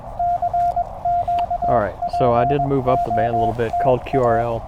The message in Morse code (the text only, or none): CQPOTA